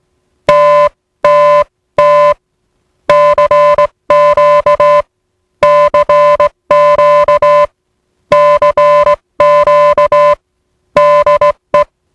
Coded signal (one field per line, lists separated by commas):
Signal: Morse code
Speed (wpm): 18 wpm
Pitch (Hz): 590 Hz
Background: music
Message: TTT CQ CQ CQ DE